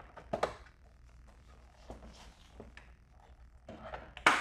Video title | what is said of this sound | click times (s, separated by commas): Best BMW E46 M3 Headlight Modification | see until it clicks top bottom everything's good alright | 4.3 s